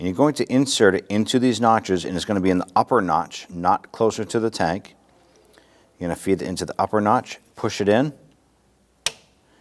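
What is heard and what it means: A plastic retainer clip is fed into the upper notch of a new radiator tank on a 1992-1996 Toyota Camry 2.2L I4, away from the tank, and pushed in while someone talks. At 9.1 s one sharp, loud snap is heard as the clip locks in place, seated.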